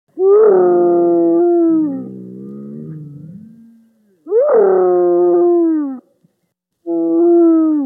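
Hyena gives drawn-out, wailing whoops that rise at the start and then fall away, three in a row with short pauses, the last cut off.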